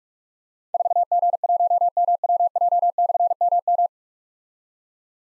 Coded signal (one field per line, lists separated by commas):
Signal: Morse code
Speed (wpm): 44 wpm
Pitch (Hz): 700 Hz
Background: none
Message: 4G1MWJ/MM